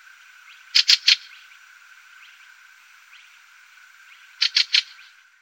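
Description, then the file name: Fieldfare harsh chack calls, two well-separated bursts of three rapid rasping notes, over faint high background chirping. "Wacholderdrossel"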